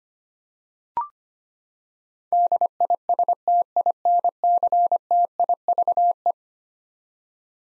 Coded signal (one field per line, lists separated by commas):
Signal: Morse code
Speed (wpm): 25 wpm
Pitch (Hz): 700 Hz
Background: none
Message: DISTINCTIVE